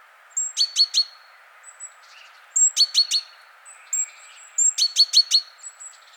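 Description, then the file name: Great tit gives repeated bursts of several sharp, high notes, roughly every two seconds, with a few softer notes in between. "Parus major"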